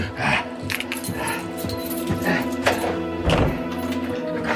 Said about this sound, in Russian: Тут я сообразил, что лавочник в доме один. Он стал ходить по дому и запирать все двери.